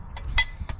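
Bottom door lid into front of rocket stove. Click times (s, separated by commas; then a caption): 0.4 s. A sheet metal bottom door lid is slid into the front of a rocket stove until it locks in place. A soft tap is heard at 0.2 s, then a sharp metallic clink at 0.4 s as the lid seats, followed by a lighter tap at 0.7 s. The lid is locked in place.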